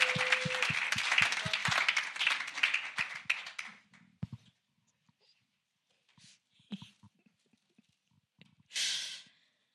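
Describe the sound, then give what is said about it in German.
An audience bursts into loud applause for the worship team that fades out after about four seconds, followed by a few scattered claps and a short cheer near the end. “Gebt ihnen mal einen mächtigen Applaus.”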